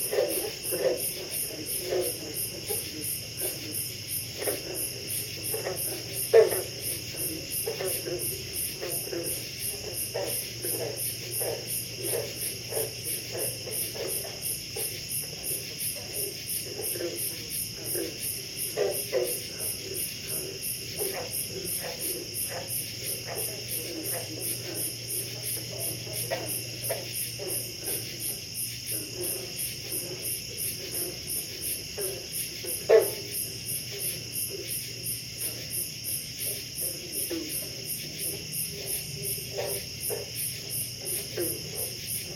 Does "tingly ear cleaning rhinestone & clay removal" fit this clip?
no